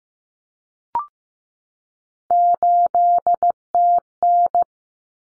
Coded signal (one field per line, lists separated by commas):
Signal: Morse code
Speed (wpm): 15 wpm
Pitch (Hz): 700 Hz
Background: none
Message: 8TN